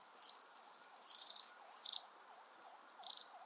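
Bird giving high, sharp chirps in four short bursts, some as rapid trills, over a faint steady wavering tone in the background.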